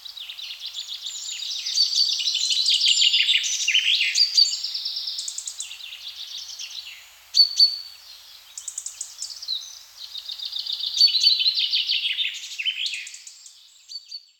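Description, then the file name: Birds singing in a busy chorus of high, overlapping chirps and twitters, with rapid trills and a sharp burst of notes near the middle. "zanna metrorio passarinhos"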